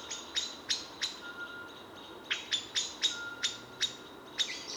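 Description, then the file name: Common blackbird calling with crisp, clicking chinks, spaced about every third of a second in two loose groups separated by a short pause. "Turdus merula"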